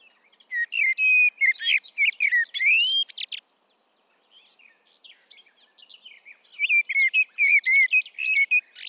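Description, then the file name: Common blackbird singing two warbling phrases of fluty notes climbing into thin squeaks, separated by a pause filled with faint twittering. "Turdus merula"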